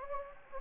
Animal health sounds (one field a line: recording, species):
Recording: mosquito wingbeat signal from an infrared sensor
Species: Anopheles gambiae